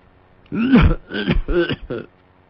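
A harsh, raspy coughing fit from an old man bent over: four loud, throaty bursts in quick succession, the first one longest and strongest, with short breaks between them and no talking.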